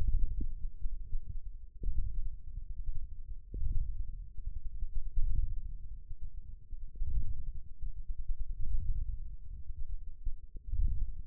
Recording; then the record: forearm muscle sounds (acoustic myography)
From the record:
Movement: ulnar deviation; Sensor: system 1, eight BSWA MPA416 microphones around the upper forearm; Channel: 3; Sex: female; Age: 21 years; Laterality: right